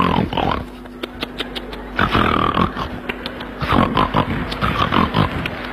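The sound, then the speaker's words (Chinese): A voice imitates loud, exaggerated snoring of a character asleep in a dump cart: rough, rattling snorts in repeated bursts, growing harsher and piglike toward the end, with no speech. “你睡得跟死猪似的， 呵， 嘴里流着哈喇子， 嗯， 鼻子上趴着仨苍蝇， 哟， 还打着呼噜， 这叫什么形象？”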